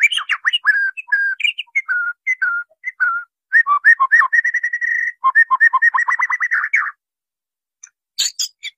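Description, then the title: White-rumped shama song with mellow whistled phrases, a sustained steady whistle, then fast repeated rising notes, ending in a brief high squeaky burst. Training song used to teach caged birds to sing. "MURAI BATU LABAIK"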